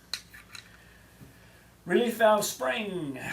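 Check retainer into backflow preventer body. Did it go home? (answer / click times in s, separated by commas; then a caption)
yes / 0.1 s. The first check retainer is pushed down hard into the body of a backflow prevention assembly and gives a sharp click at 0.1 s, followed by a softer tick near 0.6 s. The retainer is seated at the bottom. After a quiet stretch, someone talks from about 1.9 s.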